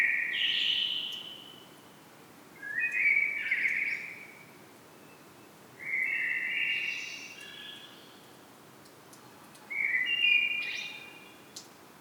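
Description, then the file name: Common blackbird repeating short warbled whistled phrases every few seconds, four phrases in all. "Turdus merula"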